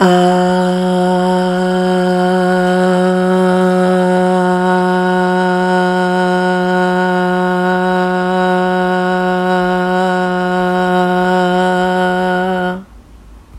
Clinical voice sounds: sustained vowel /a/; female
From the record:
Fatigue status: no fatigue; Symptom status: asymptomatic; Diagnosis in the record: COVID-19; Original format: m4a

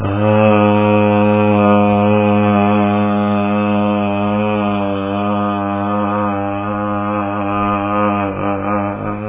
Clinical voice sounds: sustained vowel /a/; male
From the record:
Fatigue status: no fatigue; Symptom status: asymptomatic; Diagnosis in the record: COVID-19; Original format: 3gp

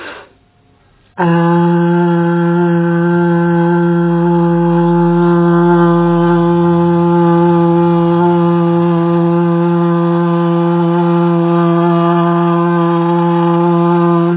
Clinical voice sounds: sustained vowel /a/; female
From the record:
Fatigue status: fatigue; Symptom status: symptomatic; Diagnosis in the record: COVID-19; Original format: 3gp

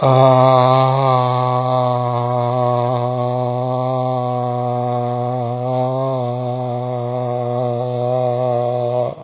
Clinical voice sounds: sustained vowel /a/; male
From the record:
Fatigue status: fatigue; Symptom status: symptomatic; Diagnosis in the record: COVID-19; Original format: 3gp

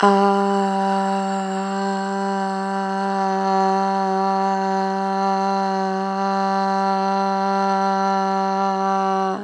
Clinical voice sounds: sustained vowel /a/; female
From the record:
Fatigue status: no fatigue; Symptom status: symptomatic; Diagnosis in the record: COVID-19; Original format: m4a

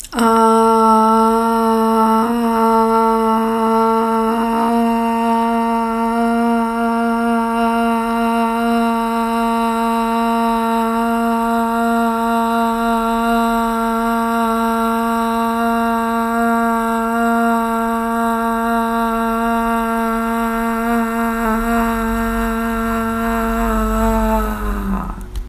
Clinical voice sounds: sustained vowel /a/; female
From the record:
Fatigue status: no fatigue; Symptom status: asymptomatic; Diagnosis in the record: COVID-19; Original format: m4a

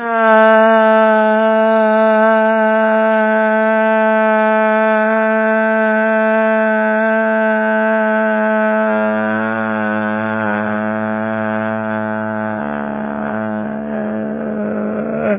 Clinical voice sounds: sustained vowel /a/; female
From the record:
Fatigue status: fatigue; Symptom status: symptomatic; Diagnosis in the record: COVID-19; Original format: 3gp

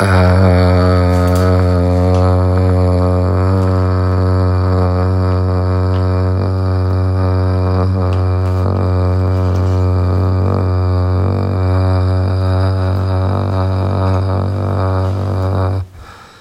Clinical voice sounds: sustained vowel /a/; male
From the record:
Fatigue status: fatigue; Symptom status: symptomatic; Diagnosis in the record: COVID-19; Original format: m4a

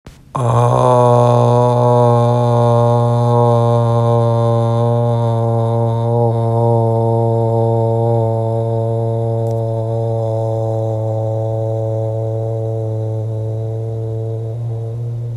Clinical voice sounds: sustained vowel /a/; male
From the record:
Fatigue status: fatigue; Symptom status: symptomatic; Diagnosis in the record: COVID-19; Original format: m4a

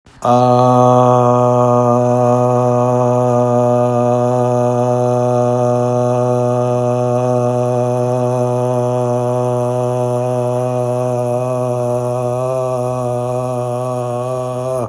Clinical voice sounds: sustained vowel /a/; male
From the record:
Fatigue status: no fatigue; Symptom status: asymptomatic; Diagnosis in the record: COVID-19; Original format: m4a

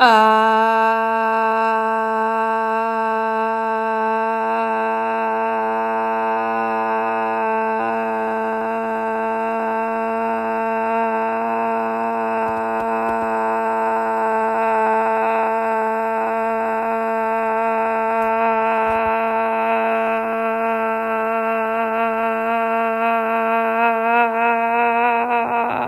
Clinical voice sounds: sustained vowel /a/; female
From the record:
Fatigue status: no fatigue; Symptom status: symptomatic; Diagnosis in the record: COVID-19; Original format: m4a

